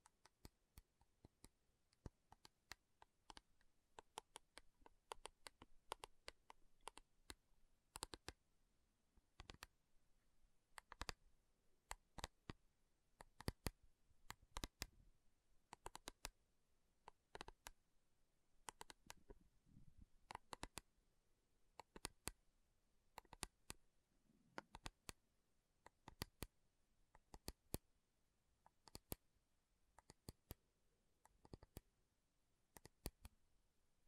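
Slow tapping on metal: sharp, bright clicks sound one at a time at an uneven, unhurried pace, sometimes two or three close together. Between taps there is near silence, with a faint low rustle showing up around the twentieth and twenty-fifth seconds.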